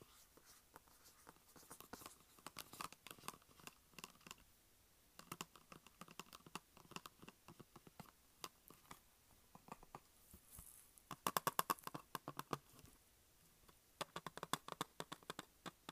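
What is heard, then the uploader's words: Tapping and scratching on a plastic case, made of dense clusters of quick, sharp clicks that come in uneven bursts with short pauses. The sounds are mostly bright and dry, and a louder, busier flurry of taps arrives around eleven to thirteen seconds. Tapping and Scratching Plastic Case.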